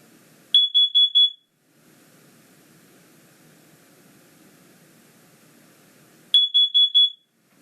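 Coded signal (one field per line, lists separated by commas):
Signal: alarm pattern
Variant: carbon monoxide alarm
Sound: shrill high beeps in groups of four, pause of several seconds, then four again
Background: faint room noise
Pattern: temporal four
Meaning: Carbon monoxide alarm activated; evacuate and call 911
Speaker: carbon monoxide alarm has four beeps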